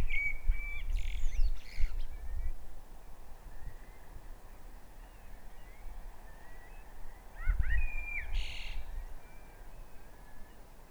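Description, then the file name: Common blackbird calls: a few thin whistled and squeaky notes, sparse and irregular, over a steady low rumble of background noise. "Turdus merula"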